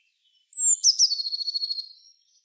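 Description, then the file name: Eurasian blue tit call: a thin high whistle, then two sharp notes running into a rapid, scratchy churring trill that fades after about a second. "Cyanistes caeruleus"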